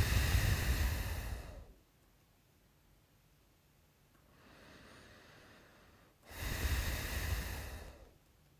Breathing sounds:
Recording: nose breathing near a microphone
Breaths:
0.00-1.90 s: exhalation
4.01-6.12 s: inhalation
6.12-8.14 s: exhalation
From the record:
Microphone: phone

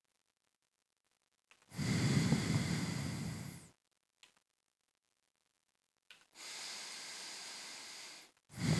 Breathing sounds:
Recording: nose breathing near a microphone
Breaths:
1.51-4.21 s: exhalation
6.11-8.26 s: inhalation
8.26-8.79 s: exhalation
From the record:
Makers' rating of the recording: medium

